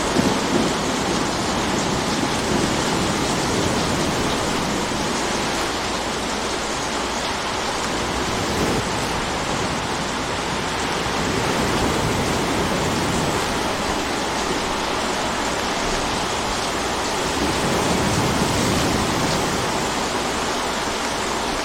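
Wind blows steadily across open water, a dense, constant rush that fills the whole range from low rumble to bright hiss. The level stays nearly even for the full length, with slight swells around the start and near eighteen seconds, and no distinct separate events.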